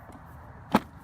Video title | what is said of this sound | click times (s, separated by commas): Mountain Buggy Terrain Review | the two clicks and as you saw I would never really want to do this my kid inside of it | 0.8 s